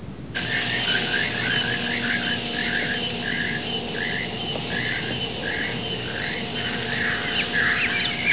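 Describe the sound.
Bird calls, short chirping phrases repeated several times over steady background noise and a low hum.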